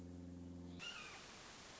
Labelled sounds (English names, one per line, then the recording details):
Red-shouldered Hawk
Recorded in Sonoma County, California